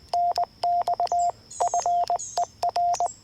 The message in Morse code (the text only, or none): NX FER